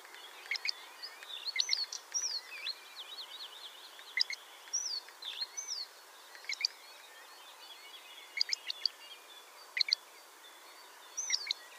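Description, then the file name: Great grey shrike song mixing ticking notes, short chirps and occasional slurred whistles in loose irregular bursts across the recording, with soft background noise. "Averla Maggiore"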